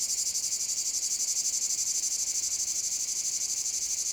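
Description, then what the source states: Cicadas in full chorus, a piercing buzzy drone with a steady rapid throb of around four beats a second. Cicada field at Domaine de la Sablière, Saint-Privat-de-Champclos, France; recorded with a Zoom H6 using an M/S microphone.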